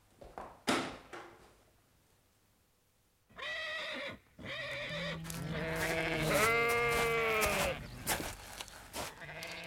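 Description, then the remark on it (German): Sheep in a paddock bleat in overlapping, wavering calls that swell and persist for several seconds, following a few short knocks and a quiet pause. No one speaks. “Wie ich sehe, haben Sie auch einige Schafe auf der Koppel, Colonel Ross.”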